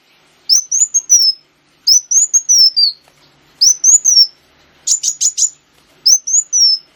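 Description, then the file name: Sunbird song: short high whistled phrases repeated about every one and a half seconds, one replaced by a cluster of sharp chips. Lure recording (pancingan) of kolibri wulung song. "suara burung kolibri wulung pancingan"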